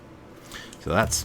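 During reassembly of a Sig Sauer P228 pistol, a part with wide shoulders is slid along the frame until the shoulders pop over ledges, then lifted and pushed the last bit in, snapping into place. A short, faint click comes at 0.7 s, and then someone talks. The part is seated on the frame.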